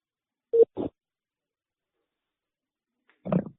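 Telephone line tones as a debt-collection call connects: two short electronic beeps in quick succession, a long silence, then a rougher, fuller burst of line sound. Moderately loud, with no talking.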